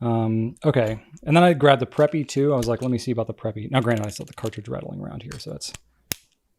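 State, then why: Seated. Someone talks about an inexpensive plastic Preppy fountain pen with a cartridge rattling around inside, then snaps its plastic cap shut onto the pen body. A sharp, clearly audible snap lands at 6.1 s, louder than the previous pen's, and the cap is seated.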